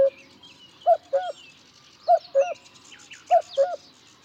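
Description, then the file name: Cuckoo calling a two-note cu-coo, the second note lower, given three times about a second apart, with faint chirping from other birds behind. "minutes of cuckoos"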